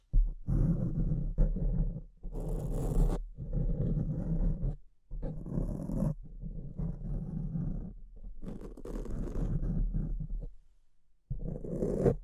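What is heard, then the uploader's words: Mic scratching in rough, gritty bursts of low rasping noise, each lasting a second or two, separated by brief silences, with occasional brighter hissy streaks. ASMR Brain Melting Mic Scratching (No Talking).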